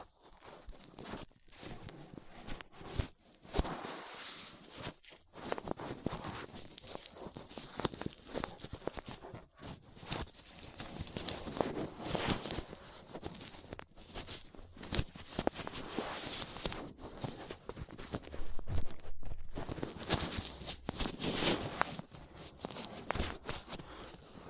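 Close handling sounds of ear cleaning with latex gloves, a dental pick and cotton swabs: dense crinkling, rubbing and scratching that comes in uneven bursts. Short silent gaps break it up early on, and the activity grows busier and louder toward the end.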